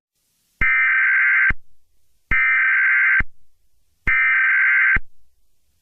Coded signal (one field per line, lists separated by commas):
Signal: Emergency Alert System (SAME) tones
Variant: header bursts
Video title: EAS scenario: The Devil’s Bleeding Wrath (Clean?)